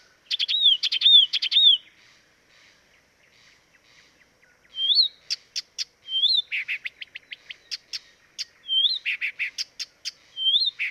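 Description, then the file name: Blyth's reed warbler singing a deliberate series of repeated phrases, mixing arched whistled notes with sharp clicks and buzzy chatter, separated by brief pauses. Dviete. "dviete acrocephalus dumetorum"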